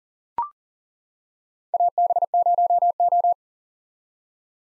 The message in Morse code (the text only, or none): AB0O